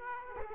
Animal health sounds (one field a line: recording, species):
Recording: mosquito wingbeat signal from an infrared sensor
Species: Aedes aegypti